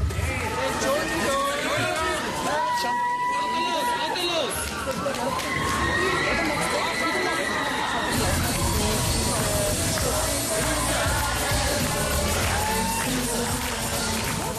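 Loud, sustained crowd noise of cheering and shouting that fills the whole stretch without a break, with voices calling out over a dense wash of clapping and babble.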